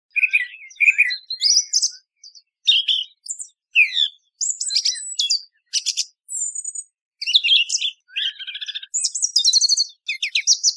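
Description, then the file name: Song thrush singing a varied, high series of clear whistles, chirps and scratchy phrases in short bursts, with brief pauses between phrases. Recorded in 2017. "Tordo bottaccio 2017"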